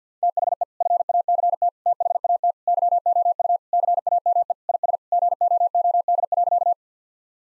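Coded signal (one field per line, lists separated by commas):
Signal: Morse code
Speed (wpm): 50 wpm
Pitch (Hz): 700 Hz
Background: none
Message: THE FACT THAT YOU CAME IS GOOD.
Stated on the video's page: Morse practice sets at 50 wpm: sentences with common three-word phrases, each sent, then spoken, then sent again for head-copy.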